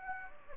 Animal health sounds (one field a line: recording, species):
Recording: mosquito wingbeat signal from an infrared sensor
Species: Anopheles gambiae